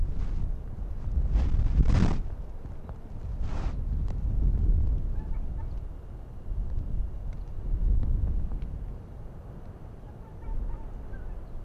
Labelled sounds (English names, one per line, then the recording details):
Arctic Fox
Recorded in the wild
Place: Insel Mednyi, Kommandeur-Inseln, RU
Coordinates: 54.5167, 168.083
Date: 1999-07-06 16:04
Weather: Niesel, 6°C, starker Ostwind
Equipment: Sony WM-D6C, Sennheiser ME 80, K 30 AV, Windkorb, Kopie Tascam DA 30
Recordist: Jakupi, Antje
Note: Südosten der Insel: drei Bellstrophen eines nicht identifizierten Tieres aus dem Robbental. Starke Windgeräusche!!! Tier nicht gesehen